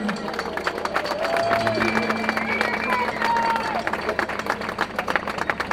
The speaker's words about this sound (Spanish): Y a mi izquierda, … en la guitarra, un aplauso para él.